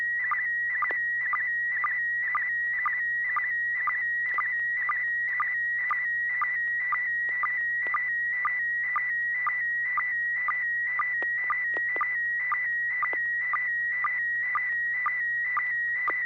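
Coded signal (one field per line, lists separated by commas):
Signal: SSTV (slow-scan television)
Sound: steady high whistle with a short low blip about twice a second, repeating throughout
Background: low hum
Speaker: Okay, Bob, N6BGQ, it's your turn, sir.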